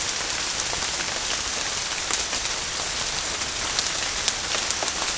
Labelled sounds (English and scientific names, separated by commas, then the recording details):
none
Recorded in dense forest near Puerto Asís, Putumayo, Colombia, on 27 June 2025 at 07:00
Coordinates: 0.481, -76.323
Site G072